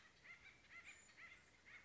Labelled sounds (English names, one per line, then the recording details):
Acorn Woodpecker
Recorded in Sonoma County, California